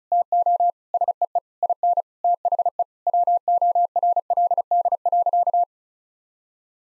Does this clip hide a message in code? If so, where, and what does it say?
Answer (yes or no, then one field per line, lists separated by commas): yes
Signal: Morse code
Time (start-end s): 0.1-5.6 s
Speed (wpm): 36 wpm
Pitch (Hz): 700 Hz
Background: none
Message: TO SEE IN THE WORLD.